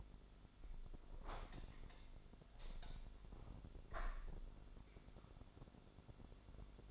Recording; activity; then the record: daily activity, microphone in the room; open window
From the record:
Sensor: 5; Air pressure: 1006.6 hPa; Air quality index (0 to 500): 194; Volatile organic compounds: 6 ppm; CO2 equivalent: 1848 ppm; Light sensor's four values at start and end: 57/161/62/63 and 57/161/63/63